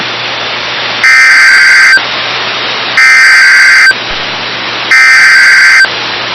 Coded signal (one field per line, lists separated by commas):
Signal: Emergency Alert System (SAME) tones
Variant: header bursts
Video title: Severe thunderstorm warning EAS 1720